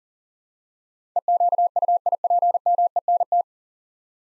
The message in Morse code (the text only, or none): EQUIPMENT